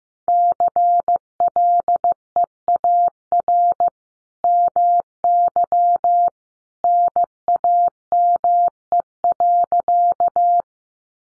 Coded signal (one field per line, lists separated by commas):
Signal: Morse code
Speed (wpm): 15 wpm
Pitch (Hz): 700 Hz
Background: none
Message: CLEAR MY NAME.